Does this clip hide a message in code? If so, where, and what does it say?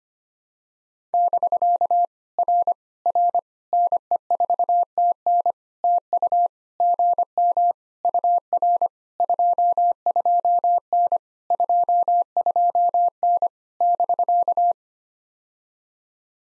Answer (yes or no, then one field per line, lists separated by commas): yes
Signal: Morse code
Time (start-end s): 1.1-14.7 s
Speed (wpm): 25 wpm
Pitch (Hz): 700 Hz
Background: none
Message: <BK> R R NE4TN TU GM UR 22N 22N <BK>